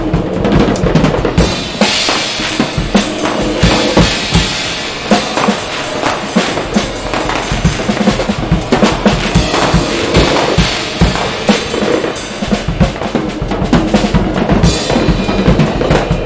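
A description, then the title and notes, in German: Fireworks crackle and pop without pause, a dense, bright sizzle of rapid bursts over low thumps, holding steady loudness throughout. Feuerwerk.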